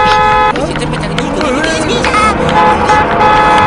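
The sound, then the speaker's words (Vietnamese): A car horn honks loudly in steady, buzzy blasts, one at the start and a longer one near the end, as people are told to get out of the car's way, over busy street noise with voices mixed in. “Úi dồi, tránh đường cho ô tô.”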